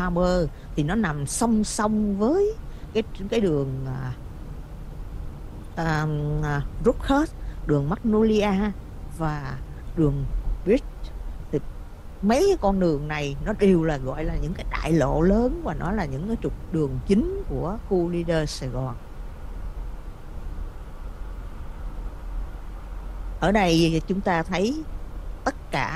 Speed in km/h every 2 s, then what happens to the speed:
52, 56, 55, 56, 58, 63, 63, 64, 64, 64, 64, 66, 66.
0-10 speeds up to 63. 10-26 steady at about 64.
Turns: none.